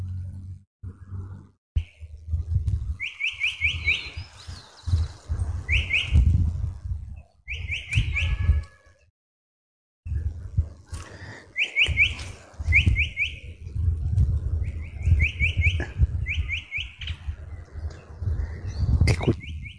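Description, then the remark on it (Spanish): A chalk-browed mockingbird sings bright, rapid trilled phrases in a new, varied repertoire, calling to another mockingbird about 50 metres away, repeated with short pauses, over a steady loud low rumble, with a brief gap of near silence midway. “Escuchamos a la calandria. Está hablando con otra calandria que está a 50 metros de acá.”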